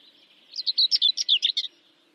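Bird song: one quick phrase of about a dozen sharp, high chirps tumbling up and down.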